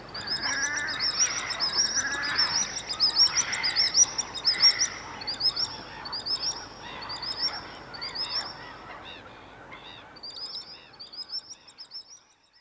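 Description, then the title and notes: Common Sandpiper calls, shrill high notes in quick series over lower chattering calls, fading toward the end. "Rantasipi. Tuukka Kupaianen"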